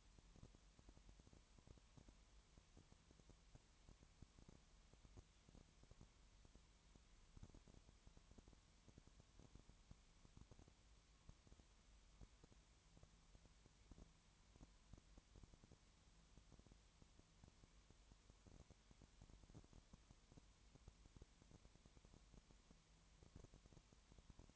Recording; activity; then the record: daily activity, microphone in the room; no activity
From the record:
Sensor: 3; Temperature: 20.5 degrees Celsius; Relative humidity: 33.0%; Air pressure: 1003.2 hPa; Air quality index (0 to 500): 105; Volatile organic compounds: 2 ppm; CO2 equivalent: 1067 ppm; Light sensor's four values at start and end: 2/3/2/2 and 2/3/2/2